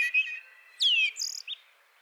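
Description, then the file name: Common blackbird song fragment: a soft whistle followed by a sharp descending squeaky note and thin high twitters. "Turdus merula"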